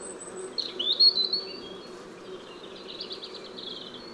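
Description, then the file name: European robin song, a high sliding warble followed by a soft fast trill of thin notes, over a quiet steady background noise. "Erithacus rubecula"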